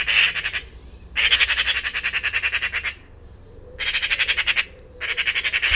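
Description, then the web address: Bird giving raspy chattering calls, fast pulses strung into four bursts of up to two seconds, with quiet gaps between. Call type labelled "Pi Pi Pi Pi" class, bird-only dataset, 2025. "cianscape birddata Deverinetal 2025 File origin Bird Only More Classes Pi Pi Pi Pi"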